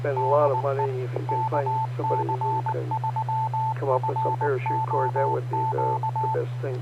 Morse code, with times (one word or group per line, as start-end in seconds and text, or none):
0.2-0.9 DE
1.3-6.3 KC3FOQ